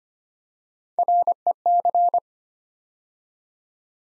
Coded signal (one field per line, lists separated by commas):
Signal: Morse code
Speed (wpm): 25 wpm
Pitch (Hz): 700 Hz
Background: none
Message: REC